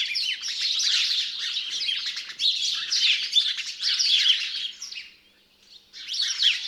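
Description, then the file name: House sparrows chirping in a dense, overlapping chatter of short high chirps, continuous for about five seconds, a brief lull, then chirping resumes. "Passer domesticus"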